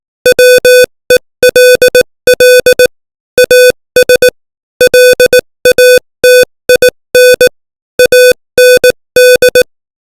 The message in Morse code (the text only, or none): WELL AS LATIN AND